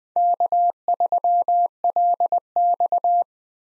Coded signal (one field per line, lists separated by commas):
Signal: Morse code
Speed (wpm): 21 wpm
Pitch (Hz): 700 Hz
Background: none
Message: K3LX